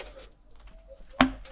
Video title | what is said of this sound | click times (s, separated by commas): Renault Clio 4 0.9 TCE 90 HP : Oil and Oil Filter replacement | Till you hear the click. | 1.2 s